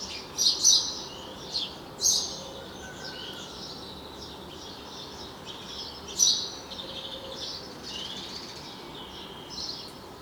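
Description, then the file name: House sparrow chirps: a few sharp, bright chirps early on and another loud one later, with fainter ones between, over a steady hiss of background noise. "Passer domesticus"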